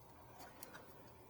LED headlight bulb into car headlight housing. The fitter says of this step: Now I'm spinning that around, and that's going to lock itself in its place.